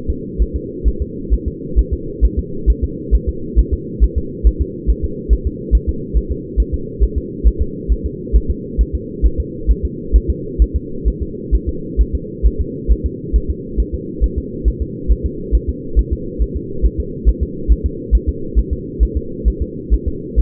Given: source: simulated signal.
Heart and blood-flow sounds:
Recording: fetal heart sounds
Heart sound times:
0.10 s: S2
0.42 s: S1
0.56 s: S2
0.88 s: S1
1.02 s: S2
1.34 s: S1
1.48 s: S2
1.79 s: S1
1.93 s: S2
2.25 s: S1
2.39 s: S2
2.70 s: S1
2.84 s: S2
3.15 s: S1
3.29 s: S2
3.59 s: S1
3.74 s: S2
4.04 s: S1
4.18 s: S2
4.47 s: S1
4.61 s: S2
4.90 s: S1
5.05 s: S2
5.33 s: S1
5.47 s: S2
5.75 s: S1
5.89 s: S2
6.17 s: S1
6.31 s: S2
6.60 s: S1
6.74 s: S2
7.03 s: S1
7.18 s: S2
7.47 s: S1
7.62 s: S2
7.92 s: S1
8.06 s: S2
8.36 s: S1
8.50 s: S2
8.81 s: S1
8.95 s: S2
9.26 s: S1
9.40 s: S2
9.71 s: S1
9.85 s: S2
10.16 s: S1
10.30 s: S2
10.62 s: S1
10.76 s: S2
11.08 s: S1
11.22 s: S2
11.55 s: S1
11.69 s: S2
12.01 s: S1
12.15 s: S2
12.47 s: S1
12.61 s: S2
12.92 s: S1
13.06 s: S2
13.36 s: S1
13.50 s: S2
13.80 s: S1
13.94 s: S2
14.24 s: S1
14.38 s: S2
14.68 s: S1
14.82 s: S2
15.12 s: S1
15.26 s: S2
15.55 s: S1
15.69 s: S2
15.99 s: S1
16.13 s: S2
16.42 s: S1
16.56 s: S2
16.86 s: S1
17.00 s: S2
17.29 s: S1
17.43 s: S2
17.72 s: S1
17.86 s: S2
18.15 s: S1
18.29 s: S2
18.59 s: S1
18.73 s: S2
19.03 s: S1
19.17 s: S2
19.48 s: S1
19.62 s: S2
19.94 s: S1
20.08 s: S2
20.40 s: S1
From the record:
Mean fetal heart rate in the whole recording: 135 bpm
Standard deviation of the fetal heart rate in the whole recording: 3 bpm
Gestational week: 34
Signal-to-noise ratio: -4.3 dB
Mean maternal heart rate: 72 bpm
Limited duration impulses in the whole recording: absent

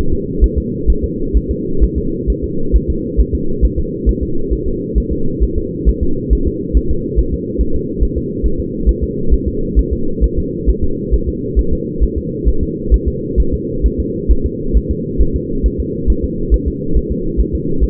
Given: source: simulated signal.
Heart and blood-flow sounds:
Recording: fetal heart sounds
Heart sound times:
0.13 s: S2
0.44 s: S1
0.58 s: S2
0.90 s: S1
1.04 s: S2
1.37 s: S1
1.51 s: S2
1.84 s: S1
1.98 s: S2
2.30 s: S1
2.44 s: S2
2.76 s: S1
2.90 s: S2
3.20 s: S1
3.35 s: S2
3.65 s: S1
3.79 s: S2
4.09 s: S1
4.23 s: S2
4.53 s: S1
4.68 s: S2
4.98 s: S1
5.13 s: S2
5.44 s: S1
5.58 s: S2
5.89 s: S1
6.03 s: S2
6.33 s: S1
6.48 s: S2
6.77 s: S1
6.91 s: S2
7.19 s: S1
7.34 s: S2
7.61 s: S1
7.76 s: S2
8.03 s: S1
8.18 s: S2
8.46 s: S1
8.60 s: S2
8.89 s: S1
9.04 s: S2
9.34 s: S1
9.48 s: S2
9.79 s: S1
9.93 s: S2
10.24 s: S1
10.39 s: S2
10.70 s: S1
10.84 s: S2
11.14 s: S1
11.29 s: S2
11.59 s: S1
11.73 s: S2
12.04 s: S1
12.18 s: S2
12.48 s: S1
12.63 s: S2
12.94 s: S1
13.08 s: S2
13.40 s: S1
13.54 s: S2
13.86 s: S1
14.00 s: S2
14.31 s: S1
14.46 s: S2
14.77 s: S1
14.91 s: S2
15.22 s: S1
15.36 s: S2
15.66 s: S1
15.80 s: S2
16.10 s: S1
16.24 s: S2
16.54 s: S1
16.68 s: S2
16.97 s: S1
17.12 s: S2
17.40 s: S1
17.55 s: S2
17.84 s: S1
From the record:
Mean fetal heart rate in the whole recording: 135 bpm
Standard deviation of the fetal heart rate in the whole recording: 3 bpm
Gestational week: 34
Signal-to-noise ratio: -8.1 dB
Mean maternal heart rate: 72 bpm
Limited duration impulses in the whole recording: absent

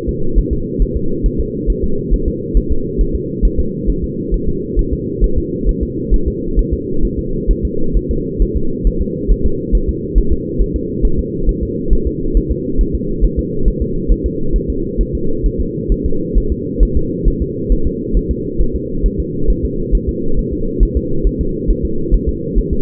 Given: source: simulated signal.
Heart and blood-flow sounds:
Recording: fetal heart sounds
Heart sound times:
0.09 s: S2
0.38 s: S1
0.53 s: S2
0.82 s: S1
0.97 s: S2
1.26 s: S1
1.40 s: S2
1.70 s: S1
1.84 s: S2
2.14 s: S1
2.28 s: S2
2.57 s: S1
2.72 s: S2
3.01 s: S1
3.16 s: S2
3.45 s: S1
3.60 s: S2
3.90 s: S1
4.04 s: S2
4.34 s: S1
4.49 s: S2
4.79 s: S1
4.93 s: S2
5.24 s: S1
5.38 s: S2
5.69 s: S1
5.83 s: S2
6.14 s: S1
6.28 s: S2
6.59 s: S1
6.73 s: S2
7.05 s: S1
7.19 s: S2
7.51 s: S1
7.65 s: S2
7.97 s: S1
8.11 s: S2
8.42 s: S1
8.57 s: S2
8.87 s: S1
9.02 s: S2
9.31 s: S1
9.46 s: S2
9.75 s: S1
9.89 s: S2
10.18 s: S1
10.33 s: S2
10.61 s: S1
10.76 s: S2
11.05 s: S1
11.19 s: S2
11.49 s: S1
11.63 s: S2
11.93 s: S1
12.07 s: S2
12.37 s: S1
12.51 s: S2
12.81 s: S1
12.95 s: S2
13.25 s: S1
13.39 s: S2
13.68 s: S1
13.82 s: S2
14.12 s: S1
14.26 s: S2
14.56 s: S1
14.70 s: S2
15.01 s: S1
15.15 s: S2
15.46 s: S1
15.61 s: S2
15.92 s: S1
16.06 s: S2
16.38 s: S1
16.52 s: S2
16.83 s: S1
16.97 s: S2
17.28 s: S1
17.42 s: S2
17.72 s: S1
17.87 s: S2
18.17 s: S1
18.31 s: S2
18.61 s: S1
18.76 s: S2
19.06 s: S1
19.20 s: S2
19.50 s: S1
19.65 s: S2
19.95 s: S1
20.09 s: S2
20.39 s: S1
20.53 s: S2
20.83 s: S1
20.97 s: S2
21.27 s: S1
21.41 s: S2
21.70 s: S1
21.85 s: S2
22.14 s: S1
22.29 s: S2
22.58 s: S1
22.73 s: S2
From the record:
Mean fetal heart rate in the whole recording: 135 bpm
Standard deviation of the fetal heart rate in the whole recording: 3 bpm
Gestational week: 36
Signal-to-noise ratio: -8.1 dB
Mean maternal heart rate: 72 bpm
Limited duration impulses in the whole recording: absent

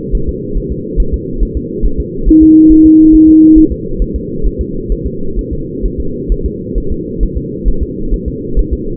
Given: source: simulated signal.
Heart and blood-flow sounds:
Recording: fetal heart sounds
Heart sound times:
0.15 s: S1
0.29 s: S2
0.57 s: S1
0.72 s: S2
1.00 s: S1
1.14 s: S2
1.43 s: S1
1.57 s: S2
1.86 s: S1
2.00 s: S2
2.29 s: S1
2.43 s: S2
2.72 s: S1
2.86 s: S2
3.15 s: S1
3.29 s: S2
3.58 s: S1
3.72 s: S2
4.02 s: S1
4.16 s: S2
4.47 s: S1
4.61 s: S2
4.92 s: S1
5.06 s: S2
5.39 s: S1
5.53 s: S2
5.85 s: S1
6.00 s: S2
6.32 s: S1
6.46 s: S2
6.78 s: S1
6.92 s: S2
7.23 s: S1
7.38 s: S2
7.68 s: S1
7.83 s: S2
8.14 s: S1
8.28 s: S2
8.59 s: S1
8.73 s: S2
From the record:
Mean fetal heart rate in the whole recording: 135 bpm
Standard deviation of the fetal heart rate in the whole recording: 3 bpm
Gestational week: 36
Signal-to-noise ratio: -8.1 dB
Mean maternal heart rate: 72 bpm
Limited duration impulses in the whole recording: present

